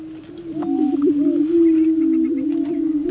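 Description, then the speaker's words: Greater prairie chicken booming: a low, steady hooting drone held throughout, with short higher notes laid over it. "What we're going to listen to now is the sound of a booming prairie chicken."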